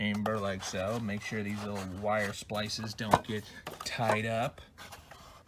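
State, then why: Not seated. Someone talks while sliding a motor and fan assembly down into the plastic fan chamber of a knockoff Oreck upright vacuum, keeping the little wire splices clear. Light handling knocks and scrapes are heard under the voice, with a sharper tap near 3.1 s and a faint sound near 5.1 s. The part has not popped into its housing yet; nothing has seated.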